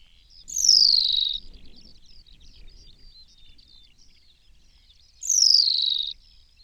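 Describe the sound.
New Zealand pipit calls: two loud, drawn-out, high notes, each slurring sharply downward, several seconds apart, with faint twittering between them.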